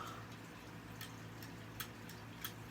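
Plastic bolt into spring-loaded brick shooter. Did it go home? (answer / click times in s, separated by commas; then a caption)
no / none. A plastic toy bolt is repeatedly lined up and pushed into a spring-loaded LEGO brick shooter from set 70909, producing soft, brief plastic taps at about 1.0, 1.8 and 2.5 seconds over a steady low hum. The bolt fails to catch or lock into place, so nothing has clicked or seated.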